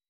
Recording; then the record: hydrophone in a shrimp aquaculture tank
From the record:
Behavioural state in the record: weakened